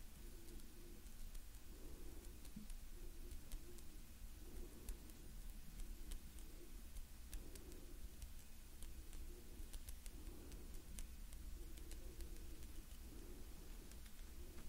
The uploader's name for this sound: Gentle Hand Sounds Movements & Breathing